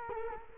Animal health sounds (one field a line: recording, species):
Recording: mosquito wingbeat signal from an infrared sensor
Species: Culex quinquefasciatus